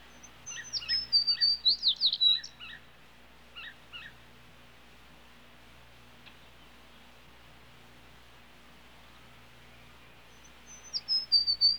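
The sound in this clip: Sparrow calls, a lively series of high, sharp chirps in the first few seconds, a few softer notes after, and another chirping burst at the close.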